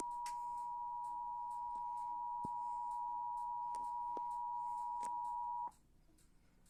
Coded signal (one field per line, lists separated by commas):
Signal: Emergency Alert System (SAME) tones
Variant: 853 and 960 Hz attention tone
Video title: Flash Flood Warning on NJPBS (EAS #105)